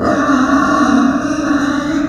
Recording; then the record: squeal of a Yucatan mini pig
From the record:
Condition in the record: after surgery on the right vocal fold (resection and tissue-engineered implant); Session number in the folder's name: 7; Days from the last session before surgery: 47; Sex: female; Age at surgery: 19 weeks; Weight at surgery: 25 kg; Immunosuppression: prednisolone